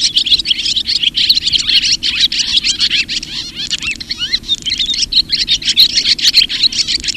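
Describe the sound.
Barn swallow calls, a busy run of sharp high chirps and buzzy twitters, briefly thinning around the middle before picking up again.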